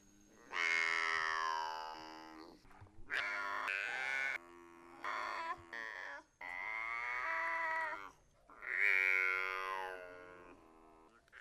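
Binturong wailing calls, several drawn-out harmonic moans with falling and wavering pitch, separated by short pauses, no other clear sounds.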